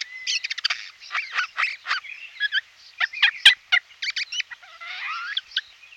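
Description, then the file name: Eurasian jay giving a rapid jumble of harsh chattering notes, clicks and short whistles, with a few rising slurred notes near the end. "Skovskade"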